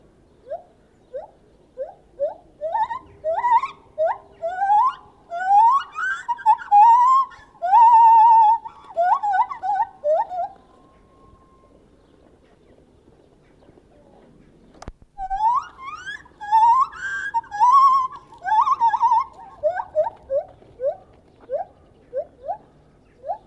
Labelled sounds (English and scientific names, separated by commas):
Lar Gibbon (Hylobates lar)